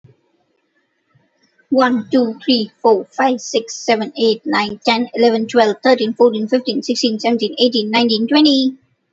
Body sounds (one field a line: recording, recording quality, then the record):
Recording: counting at a fast pace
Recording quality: excellent, no background noise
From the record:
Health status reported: healthy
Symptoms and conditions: none ticked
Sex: female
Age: 28 years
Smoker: not ticked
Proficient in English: yes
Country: India